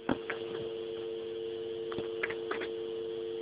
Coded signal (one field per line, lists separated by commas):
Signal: telephone call progress tone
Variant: UK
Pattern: dial tone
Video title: Rotatone module fitted in a GPO 706 phone